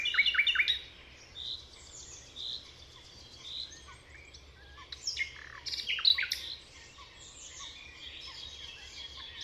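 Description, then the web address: Common nightingale song, fainter and varied, with short whistled notes and scattered sharp clicks between quieter pauses. "chant didier collin rossignol philomele"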